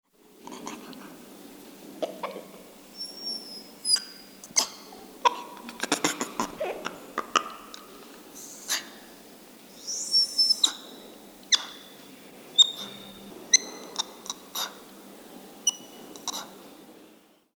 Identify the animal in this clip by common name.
Red-faced Spider Monkey